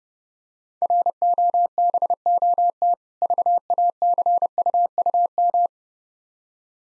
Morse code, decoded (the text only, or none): ROBOT VACUUM